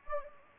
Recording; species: mosquito wingbeat signal from an infrared sensor; Anopheles gambiae